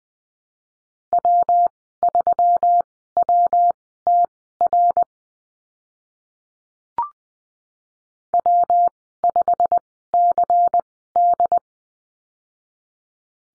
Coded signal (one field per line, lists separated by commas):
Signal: Morse code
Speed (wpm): 19 wpm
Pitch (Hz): 700 Hz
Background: none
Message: W3WTR W5CD